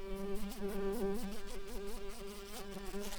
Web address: bumblebees Pascuorum-workers